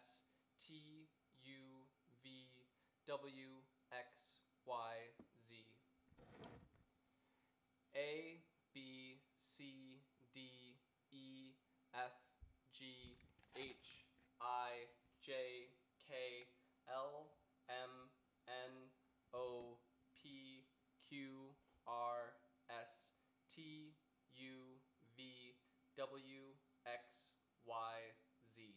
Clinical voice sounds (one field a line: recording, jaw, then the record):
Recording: letters of the alphabet, spoken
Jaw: free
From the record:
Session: first day, before the bite bar